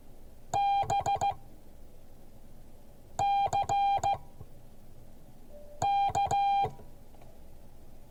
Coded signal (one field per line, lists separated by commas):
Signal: Morse code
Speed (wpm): 15 wpm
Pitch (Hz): 800 Hz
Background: music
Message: BCK